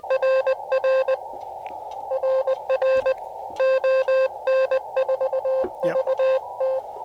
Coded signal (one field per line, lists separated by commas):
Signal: Morse code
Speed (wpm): 20 wpm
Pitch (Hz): 530 Hz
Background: music, radio noise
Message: RR RR ON4VT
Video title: CW POTA at US-5221 with the AD8HK 9:1 Antenna